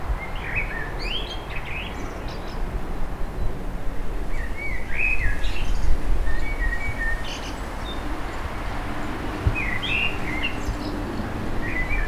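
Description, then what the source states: Birds giving scattered short chirps and slurred whistled notes, irregular and overlapping, over a constant low roar of wind. With wind.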